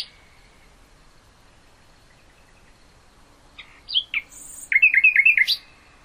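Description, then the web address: Common nightingale song after a long quiet gap: a few sharp chirps, then a short run of quick rising and falling warbled notes. "hoeren nachtigall"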